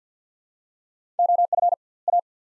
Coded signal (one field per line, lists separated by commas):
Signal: Morse code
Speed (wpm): 50 wpm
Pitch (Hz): 700 Hz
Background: none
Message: OF A